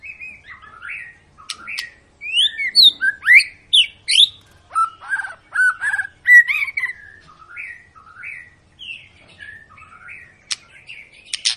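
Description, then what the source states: White-rumped shama song with rising and falling slurred whistles, some harsh notes, delivered in a lively, uneven series of phrases with softer passages. Long lure song of a singing white-rumped shama, played to prompt other birds to sing.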